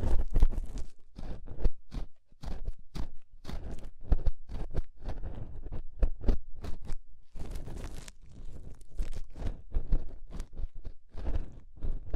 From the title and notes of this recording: Inner and Outer Ear Scraping (No Talking).